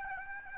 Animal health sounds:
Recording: mosquito wingbeat signal from an infrared sensor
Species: Aedes aegypti

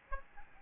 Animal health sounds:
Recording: mosquito wingbeat signal from an infrared sensor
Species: Aedes albopictus

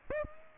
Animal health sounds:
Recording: mosquito wingbeat signal from an infrared sensor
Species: Aedes aegypti

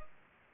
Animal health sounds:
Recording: mosquito wingbeat signal from an infrared sensor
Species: Culex pipiens

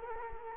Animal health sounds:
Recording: mosquito wingbeat signal from an infrared sensor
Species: Culex quinquefasciatus

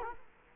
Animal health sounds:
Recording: mosquito wingbeat signal from an infrared sensor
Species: Culex quinquefasciatus

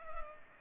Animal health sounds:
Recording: mosquito wingbeat signal from an infrared sensor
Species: Culex pipiens

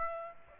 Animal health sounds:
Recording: mosquito wingbeat signal from an infrared sensor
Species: Aedes aegypti

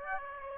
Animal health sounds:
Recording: mosquito wingbeat signal from an infrared sensor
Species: Aedes aegypti

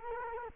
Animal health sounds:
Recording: mosquito wingbeat signal from an infrared sensor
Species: Culex quinquefasciatus

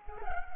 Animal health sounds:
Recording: mosquito wingbeat signal from an infrared sensor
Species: Culex pipiens

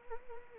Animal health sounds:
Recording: mosquito wingbeat signal from an infrared sensor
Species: Anopheles arabiensis

